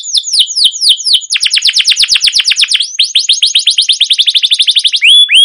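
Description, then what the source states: Canary song: descending whistled notes speeding into a long, loud rolling trill, finishing with a short rising whistle. Trilling song style called ngerol, with cuit cuit notes; a long gacor master recording used as a lure to stimulate and train other canaries.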